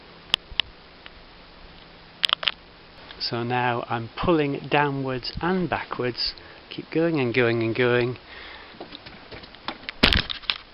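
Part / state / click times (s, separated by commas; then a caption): headrest bracket into office chair back / seated / 10.0 s. A head/neck rest bracket is pulled downwards and backwards on an office chair back while someone talks, with sharp knocks and taps near the start. After the talking stops, a cluster of clicks is heard, and the bracket clicks over and locks into place at 10.0 s.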